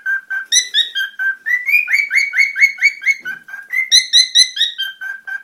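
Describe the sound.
Cockatiel song of quick chirping whistles, steady low notes that step up into a run of brighter, higher chirps, then settle back down.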